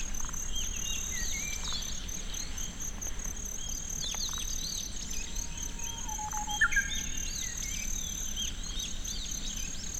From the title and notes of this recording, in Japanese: 鶴岡市のキンヒバリの声。ウグイスやアカショウビン、クロツグミ、ホオジロほか、鳥の声もたくさん入っています。ZOOM F6, Sennheiser MKH802。